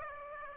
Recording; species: mosquito wingbeat signal from an infrared sensor; Aedes aegypti